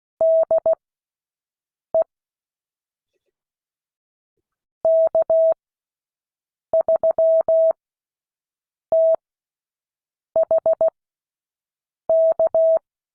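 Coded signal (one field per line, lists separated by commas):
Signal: Morse code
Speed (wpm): 16 wpm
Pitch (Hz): 650 Hz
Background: none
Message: DE K3THK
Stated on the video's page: Morse code class lesson.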